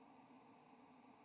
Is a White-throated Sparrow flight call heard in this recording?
yes